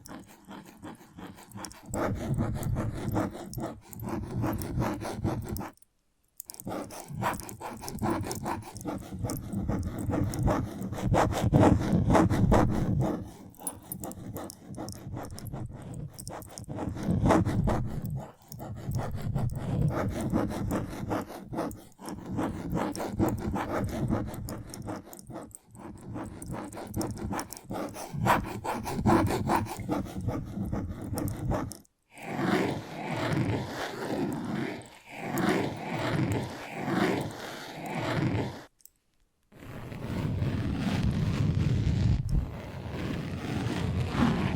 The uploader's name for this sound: Invisible Tapping, Scratching, Tracing